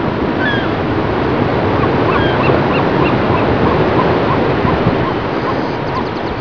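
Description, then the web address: Gulls calling: many short, faint cries over loud, continuous roaring noise. "gretaj. gulls"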